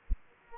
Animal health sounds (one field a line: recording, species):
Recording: mosquito wingbeat signal from an infrared sensor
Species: Aedes aegypti